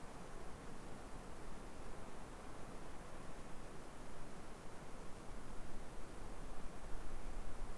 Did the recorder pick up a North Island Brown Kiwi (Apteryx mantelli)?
no